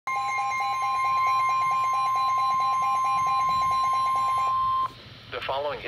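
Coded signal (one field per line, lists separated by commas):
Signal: Emergency Alert System (SAME) tones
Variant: 1050 Hz attention tone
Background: speech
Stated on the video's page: EAS Special Marine Warning.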